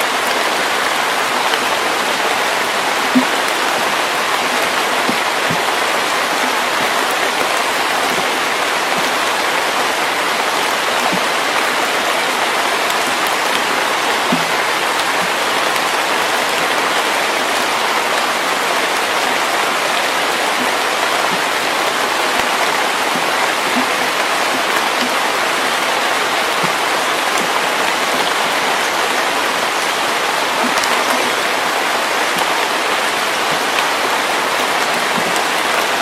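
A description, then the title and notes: Steady rain falls through the forest in a dense, even hiss, with occasional heavier drops ticking out and no real change throughout. Rainy days in the forest in early summer.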